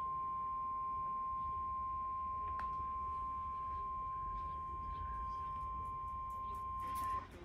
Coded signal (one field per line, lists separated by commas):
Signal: Emergency Alert System (SAME) tones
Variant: 1050 Hz attention tone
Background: speech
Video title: An Early Thanksgiving Tests (EAS #23374-23383) 11/20/24